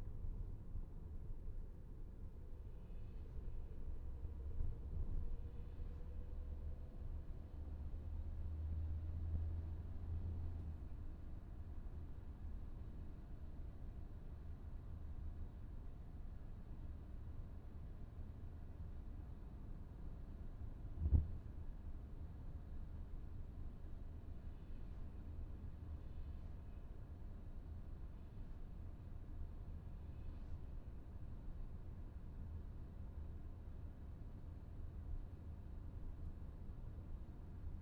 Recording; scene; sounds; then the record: everyday scene through a hearing-aid microphone; in a vehicle; engine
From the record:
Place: VW T5 Caravelle, diesel engine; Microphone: behind the ear, left, rear